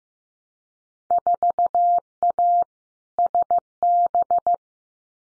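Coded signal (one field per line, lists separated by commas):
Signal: Morse code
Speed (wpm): 15 wpm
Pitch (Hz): 700 Hz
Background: none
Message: 4A SB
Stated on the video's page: Head-copy drill of Field Day contest exchanges at 15 wpm, each sent in Morse, spoken, then sent again.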